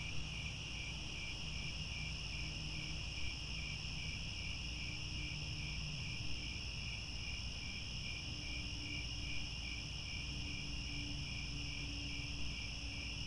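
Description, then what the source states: Crickets chirping in a constant high chorus of rapid pulses; a faint low hum and soft tone run beneath. Chorus of crickets at twilight, as the sun sets and stars appear.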